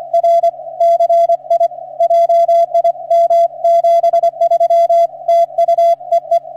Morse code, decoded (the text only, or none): R CI JIM 73 TU EE